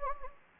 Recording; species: mosquito wingbeat signal from an infrared sensor; Anopheles gambiae